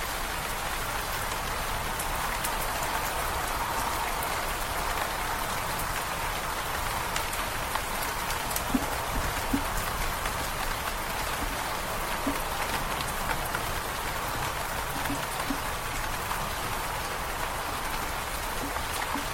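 Steady rain falls throughout, a dense, even hiss of drops with brighter patter scattered across the top. A soft low rumble sits underneath without change, and a few brief, faint tonal drips appear around nine and fifteen seconds.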